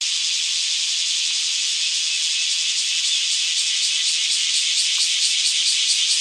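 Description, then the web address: Bear cicada call, a sustained shrill buzz that becomes slightly more pulsed toward the end. Recorded on 8 July 2015. "birdenaga kumazemi 150708"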